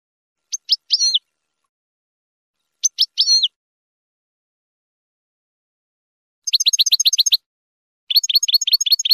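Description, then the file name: Finch song: two short phrases of high upswept chirps, a pause, then two fast trills of rapid repeated notes near the end. "sound finch mouth moghom"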